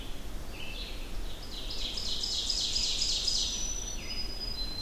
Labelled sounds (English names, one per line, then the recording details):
Ovenbird song
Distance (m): 40 m
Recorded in boreal forest in Alberta, Canada, on 25 June 2016 at 08:17
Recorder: SongMeter 3, array SBT-6-76
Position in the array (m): 30 m, 108 m
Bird 2